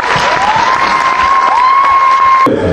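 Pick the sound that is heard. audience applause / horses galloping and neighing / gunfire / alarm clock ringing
audience applause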